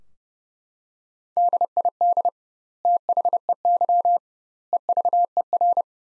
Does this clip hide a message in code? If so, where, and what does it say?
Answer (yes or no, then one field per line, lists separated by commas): yes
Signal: Morse code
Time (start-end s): 1.4-5.8 s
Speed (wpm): 30 wpm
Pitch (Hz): 700 Hz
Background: none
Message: DID THEY EVER